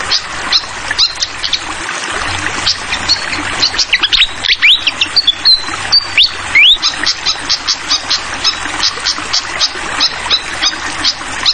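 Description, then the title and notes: Malaysian pied fantail song, fast chips giving way to clear rising whistles, then more rapid chirping, all over steady gurgling water. Tutoring track (masteran) for training songbirds; clear-voiced song mixed with the sound of trickling water. "Masteran Sikatan Kipas Suara Jernih Dan Suara Gemericik Air. Suara Burung Sikatan Londo"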